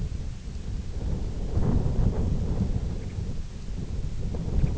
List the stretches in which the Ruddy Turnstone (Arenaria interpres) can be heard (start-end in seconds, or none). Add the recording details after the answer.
2.92-3.20, 4.48-4.76. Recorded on Arctic tundra, site IGLO-F, on 20 June 2018. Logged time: 16:00